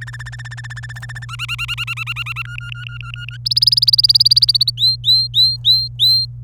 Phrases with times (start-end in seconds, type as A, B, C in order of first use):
0.01-1.25 A, 1.29-2.42 B, 2.45-3.37 C, 3.45-4.70 D, 4.77-6.25 E